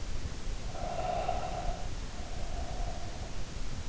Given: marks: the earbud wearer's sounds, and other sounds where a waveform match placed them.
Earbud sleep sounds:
sounds in sleep by an in-ear microphone; breath
0.52-3.59 s: breath

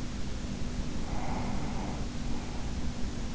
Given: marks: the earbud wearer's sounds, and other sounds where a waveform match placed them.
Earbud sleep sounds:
sounds in sleep by an in-ear microphone; breath
0.90-3.07 s: breath

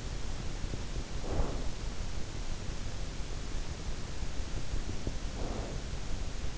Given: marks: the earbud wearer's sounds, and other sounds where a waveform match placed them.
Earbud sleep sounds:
sounds in sleep by an in-ear microphone; breath
1.03-2.00 s: breath
5.08-6.01 s: breath

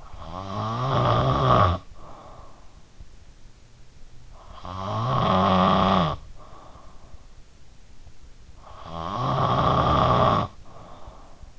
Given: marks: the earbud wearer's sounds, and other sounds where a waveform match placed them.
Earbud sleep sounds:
sounds in sleep by an in-ear microphone; snoring breath
0.00-2.59 s: snoring breath
4.48-7.14 s: snoring breath
8.80-11.59 s: snoring breath

